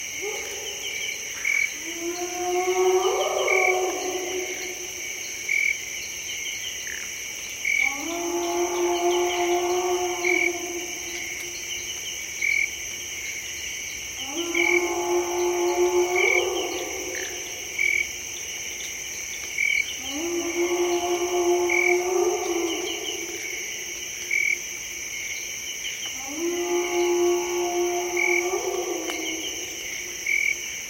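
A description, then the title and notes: A lone hyena calls in a dark forest, giving five rising whoops at a steady pace, one about every six seconds, each climbing in pitch over a couple of seconds. Behind it, a constant high insect chorus hums, with a faint regular ticking throughout. A lone hyena howling in Harenna forest on a very dark night. Recorded with unattended drop rig (Sony PCM D10 and Lom MikroUsi mics). Ethiopia.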